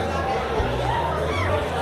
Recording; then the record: background sound without coughing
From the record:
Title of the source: CITY SOUNDS Busy Bar in the Evening Night - 2 HOURS of Ambiance for Relaxation